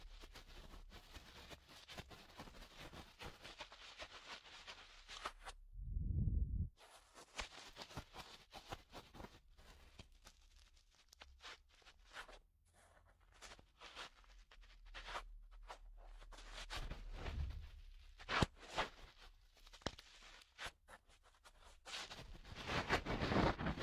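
An ear pick scrapes and crackles, with dense irregular scratching, sharp clicks, and a muffled low thump near six seconds.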